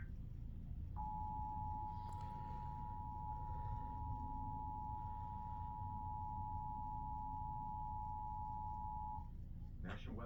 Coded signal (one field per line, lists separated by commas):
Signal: Emergency Alert System (SAME) tones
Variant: 853 and 960 Hz attention tone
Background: speech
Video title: eas flash flood warning Eas #94